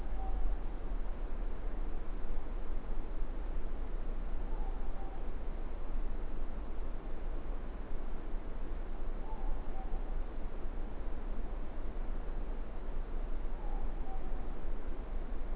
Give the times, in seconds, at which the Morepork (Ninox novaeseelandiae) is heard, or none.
4.49-5.31, 9.18-10.00, 13.59-14.33